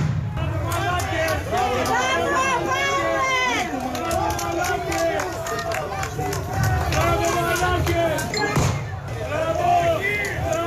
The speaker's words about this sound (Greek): Περνούν οι αστυνομικοί και χειροκροτά ο κόσμος. Είναι ένα γλεντοκόπιο κάθε φορά.